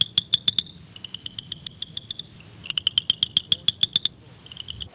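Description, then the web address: Tree frog giving high rapid pulsed trills, sharp clicking bursts with brief gaps between them, over a faint low hum. "Hylidae"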